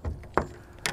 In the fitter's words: and lock into place they have a number of teeth on the outrigger that locks them into the